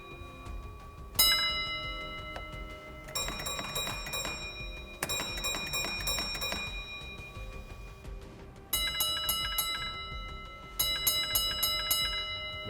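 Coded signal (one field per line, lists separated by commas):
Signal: bell signal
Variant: railway block signalling bell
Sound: series of quick ringing bell strokes in several separate groups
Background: room noise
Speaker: Four five 5 to the box in rear. So call his attention first.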